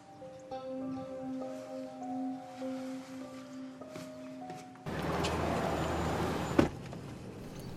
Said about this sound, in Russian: Кира садится в машину за руль.